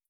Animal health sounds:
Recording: hydrophone in a shrimp aquaculture tank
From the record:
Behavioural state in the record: starved

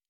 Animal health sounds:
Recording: hydrophone in a shrimp aquaculture tank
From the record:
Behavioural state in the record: normal

